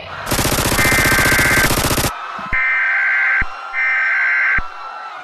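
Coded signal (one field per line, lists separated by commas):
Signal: Emergency Alert System (SAME) tones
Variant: header bursts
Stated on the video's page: Fictional EAS scenario trailer.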